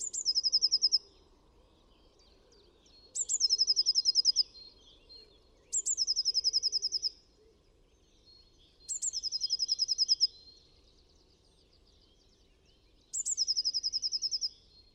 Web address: MESANGE BLEUE